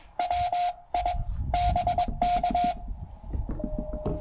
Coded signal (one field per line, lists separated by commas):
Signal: Morse code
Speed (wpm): 22 wpm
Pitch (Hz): 720 Hz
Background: none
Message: WI BK